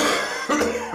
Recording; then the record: coughing mixed with background sound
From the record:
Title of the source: Wet Throat Infection Cough